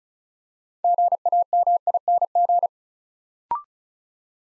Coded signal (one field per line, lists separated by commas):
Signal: Morse code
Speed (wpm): 36 wpm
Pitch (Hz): 700 Hz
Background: none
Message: GAMING